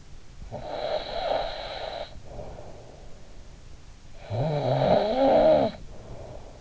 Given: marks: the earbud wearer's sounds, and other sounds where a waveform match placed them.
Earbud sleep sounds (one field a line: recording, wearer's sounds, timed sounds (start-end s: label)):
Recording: sounds in sleep by an in-ear microphone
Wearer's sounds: snoring breath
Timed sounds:
0.47-3.10 s: snoring breath
4.11-6.61 s: snoring breath